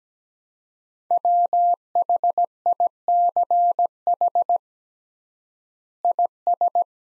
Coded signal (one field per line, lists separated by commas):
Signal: Morse code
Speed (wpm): 17 wpm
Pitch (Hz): 700 Hz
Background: none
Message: WHICH IS